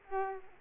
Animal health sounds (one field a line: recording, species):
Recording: mosquito wingbeat signal from an infrared sensor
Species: Culex quinquefasciatus